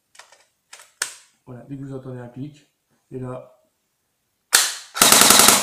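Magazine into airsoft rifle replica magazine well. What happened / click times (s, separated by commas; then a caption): The magazine latched into its well / 1.0 s. A magazine is pushed firmly into the magazine well of a plastic and metal ASG MP5 A5 Sportline airsoft replica, giving a few faint clicks before a sharp click at 1.0 s as it locks in place. Someone then talks, and loud harsh bursts follow at about 4.5 s and 5.0 s.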